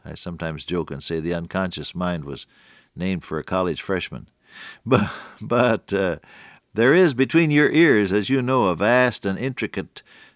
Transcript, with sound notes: I sometimes joke and say “The unconscious mind was named for a college freshman.” [chuckle] But there is between your ears, as you know, a vast and intricate